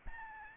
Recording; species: mosquito wingbeat signal from an infrared sensor; Aedes albopictus